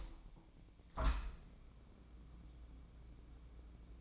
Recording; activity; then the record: daily activity, microphone in the room; open window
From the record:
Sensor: 1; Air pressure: 1012.4 hPa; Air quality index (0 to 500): 168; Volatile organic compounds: 3 ppm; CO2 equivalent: 1368 ppm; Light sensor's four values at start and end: 150/335/149/157 and 151/338/150/157